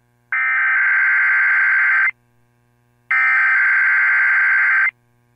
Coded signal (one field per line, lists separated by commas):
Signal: Emergency Alert System (SAME) tones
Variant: header bursts